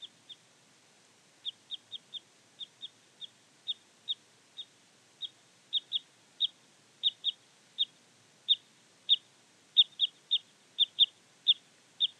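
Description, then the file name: Parrot crossbill giving short, sharp, high call notes, singly and in quick pairs, irregularly spaced and getting louder toward the end; otherwise quiet. "Jelmer Poelstra - Klyost-sosnovik Loxia pytyopsittacus (Zvyki com)"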